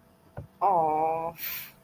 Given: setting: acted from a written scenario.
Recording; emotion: vocal sound without words; embarrassment